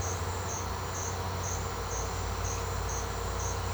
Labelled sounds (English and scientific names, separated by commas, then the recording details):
none
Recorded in secondary vegetation near Puerto Asís, Putumayo, Colombia, on 21 March 2025 at 17:30
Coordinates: 0.468, -76.324
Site G059